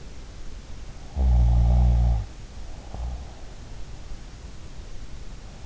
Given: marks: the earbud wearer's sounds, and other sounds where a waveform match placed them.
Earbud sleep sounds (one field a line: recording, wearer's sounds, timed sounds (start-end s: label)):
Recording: sounds in sleep by an in-ear microphone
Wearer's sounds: snoring breath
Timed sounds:
1.07-3.42 s: snoring breath